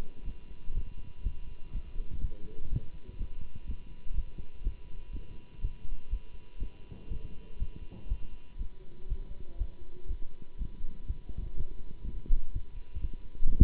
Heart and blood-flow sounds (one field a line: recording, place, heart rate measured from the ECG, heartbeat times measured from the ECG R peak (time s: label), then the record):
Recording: heart sounds by stethoscope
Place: between the tricuspid and mitral areas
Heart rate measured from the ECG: 122 bpm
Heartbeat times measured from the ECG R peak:
0.24 s: heartbeat
0.73 s: heartbeat
1.22 s: heartbeat
1.72 s: heartbeat
2.20 s: heartbeat
2.69 s: heartbeat
3.17 s: heartbeat
3.66 s: heartbeat
4.14 s: heartbeat
4.63 s: heartbeat
5.12 s: heartbeat
5.60 s: heartbeat
6.09 s: heartbeat
6.59 s: heartbeat
7.08 s: heartbeat
7.58 s: heartbeat
8.08 s: heartbeat
8.57 s: heartbeat
9.07 s: heartbeat
9.57 s: heartbeat
10.07 s: heartbeat
10.57 s: heartbeat
11.06 s: heartbeat
11.55 s: heartbeat
12.04 s: heartbeat
12.52 s: heartbeat
13.00 s: heartbeat
13.48 s: heartbeat
From the record:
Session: Bruce protocol treadmill stress test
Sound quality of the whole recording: good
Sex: male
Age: 24 years